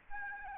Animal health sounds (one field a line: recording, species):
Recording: mosquito wingbeat signal from an infrared sensor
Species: Aedes albopictus